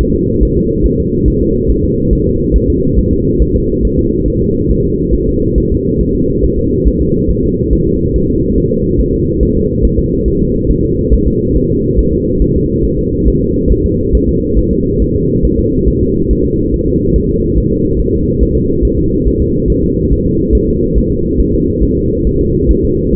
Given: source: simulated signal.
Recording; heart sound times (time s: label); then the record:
fetal heart sounds
0.01 s: S1
0.15 s: S2
0.43 s: S1
0.57 s: S2
0.86 s: S1
1.00 s: S2
1.28 s: S1
1.42 s: S2
1.71 s: S1
1.84 s: S2
2.13 s: S1
2.27 s: S2
2.56 s: S1
2.70 s: S2
2.99 s: S1
3.13 s: S2
3.42 s: S1
3.56 s: S2
3.85 s: S1
3.99 s: S2
4.28 s: S1
4.42 s: S2
4.71 s: S1
4.86 s: S2
5.15 s: S1
5.29 s: S2
5.58 s: S1
5.72 s: S2
6.01 s: S1
6.15 s: S2
6.44 s: S1
6.59 s: S2
6.88 s: S1
7.02 s: S2
7.31 s: S1
7.45 s: S2
7.73 s: S1
7.87 s: S2
8.16 s: S1
8.30 s: S2
8.58 s: S1
8.72 s: S2
9.01 s: S1
9.15 s: S2
9.43 s: S1
9.57 s: S2
9.85 s: S1
9.99 s: S2
10.28 s: S1
10.42 s: S2
10.71 s: S1
10.85 s: S2
11.14 s: S1
11.28 s: S2
11.56 s: S1
11.71 s: S2
11.99 s: S1
12.13 s: S2
12.42 s: S1
12.56 s: S2
12.85 s: S1
12.99 s: S2
13.28 s: S1
13.43 s: S2
13.72 s: S1
13.86 s: S2
14.15 s: S1
14.29 s: S2
14.59 s: S1
14.73 s: S2
15.02 s: S1
15.16 s: S2
15.45 s: S1
15.59 s: S2
15.88 s: S1
16.03 s: S2
16.31 s: S1
16.45 s: S2
16.74 s: S1
16.88 s: S2
17.16 s: S1
17.30 s: S2
17.58 s: S1
17.72 s: S2
18.01 s: S1
18.15 s: S2
18.43 s: S1
18.57 s: S2
18.85 s: S1
18.99 s: S2
19.28 s: S1
19.42 s: S2
19.70 s: S1
19.84 s: S2
20.12 s: S1
20.27 s: S2
20.55 s: S1
20.69 s: S2
20.98 s: S1
21.12 s: S2
21.40 s: S1
21.54 s: S2
21.84 s: S1
21.98 s: S2
22.27 s: S1
22.41 s: S2
22.71 s: S1
22.85 s: S2
23.14 s: S1
From the record:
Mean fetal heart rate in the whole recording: 140 bpm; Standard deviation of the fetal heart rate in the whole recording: 2 bpm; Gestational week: 34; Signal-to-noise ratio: -14.7 dB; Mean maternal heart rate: 72 bpm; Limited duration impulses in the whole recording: present